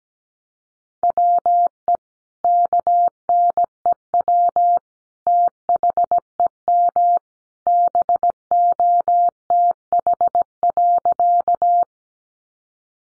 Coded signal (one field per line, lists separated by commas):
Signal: Morse code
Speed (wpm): 17 wpm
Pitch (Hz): 700 Hz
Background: none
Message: WE KNEW THEM BOTH.